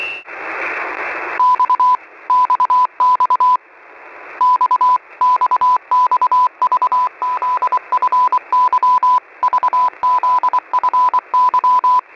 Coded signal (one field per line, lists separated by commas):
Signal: Morse code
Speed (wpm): 24 wpm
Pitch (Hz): 1000 Hz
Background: none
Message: XXX XXX VZFY VZFY